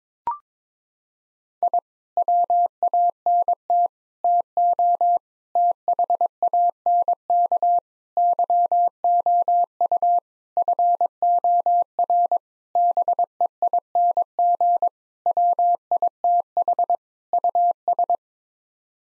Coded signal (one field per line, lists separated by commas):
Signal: Morse code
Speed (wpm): 22 wpm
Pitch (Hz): 700 Hz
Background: none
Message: I WANT TO THANK YOU FOR BEING WITH US